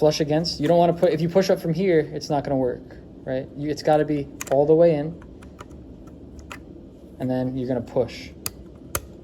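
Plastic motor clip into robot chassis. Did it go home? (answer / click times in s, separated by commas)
yes / 8.5 s, 8.9 s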